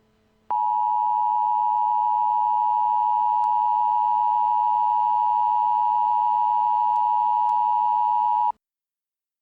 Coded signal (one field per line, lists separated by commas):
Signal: Emergency Alert System (SAME) tones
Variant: 853 and 960 Hz attention tone